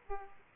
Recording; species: mosquito wingbeat signal from an infrared sensor; Aedes aegypti